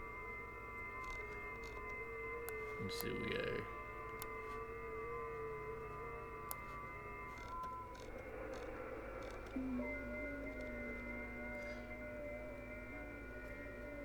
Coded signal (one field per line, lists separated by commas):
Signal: FT8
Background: speech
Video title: Me working dx and screen capture test on ham radio